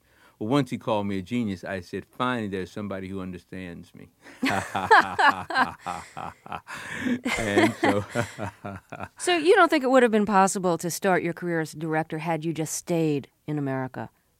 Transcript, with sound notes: Well, once he called me a genius, I said, finally there's somebody who understands me.
(LAUGHTER)
And so (laughter)...
So you don't think it would have been possible to start your career as director had you just stayed in America?